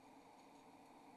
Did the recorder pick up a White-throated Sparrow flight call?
no